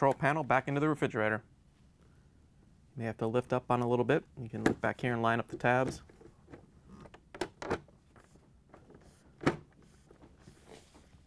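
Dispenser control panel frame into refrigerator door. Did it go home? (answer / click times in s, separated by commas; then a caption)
yes / 7.6 s, 9.5 s. Someone talks while the plastic dispenser control panel frame is lifted up slightly, its tabs are lined up, and it is pressed back into the door of an LG refrigerator during an ice chute door replacement (part 5007JA3006R, fits Kenmore). Sharp snaps at 7.6 s and 9.5 s mark the frame seating back into place.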